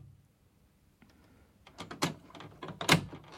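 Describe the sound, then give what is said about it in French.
Door sounds at a first-floor door of a residence: after a quiet stretch, a run of sharp wooden clunks and rattles builds up, with two louder thuds standing out toward the end and no voices. “Derrière cette porte se trouve le monstre.”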